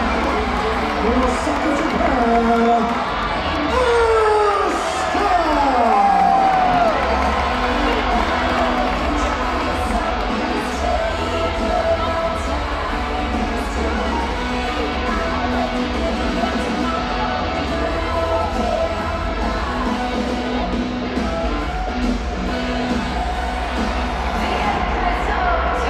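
A large crowd at a wrestling event at Madison Square Garden fills the whole clip with a dense, steady roar of voices. Shouts and whoops rise out of the mass, with a sliding cry around five to seven seconds, while a low rumble holds underneath throughout.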